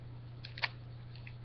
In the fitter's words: there until you hear the little click sound which let if you can hear this